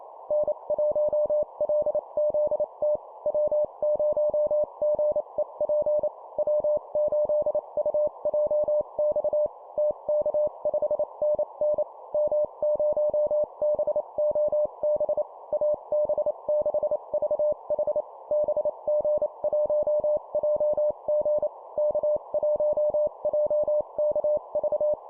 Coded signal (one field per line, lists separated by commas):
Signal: Morse code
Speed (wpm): 28 wpm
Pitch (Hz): 600 Hz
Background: none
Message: N1LZT W0GEP W8UJX TK5NN M0BOB AB6VH BG1JG K1JKV